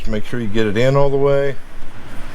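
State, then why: Not seated. A single electrical wiring plug is being pushed into the socket on the back of a Ram ProMaster City van's tail light housing while someone talks over faint background noise. The plug has not seated or clicked into the housing yet.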